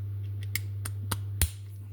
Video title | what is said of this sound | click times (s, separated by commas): NAPA Evercraft socket set, if sockets can be beautiful, these definitely are. | Nice positive click. That fits really well, actually. | 1.4 s